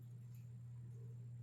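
During a screen and housing swap on an Honor 10 Lite, the battery's flex connector is being pressed down toward the mainboard socket. Because the battery is a bit old, it doesn't sit as nicely as the original. Only a steady low hum is heard, and nothing has seated or clicked yet.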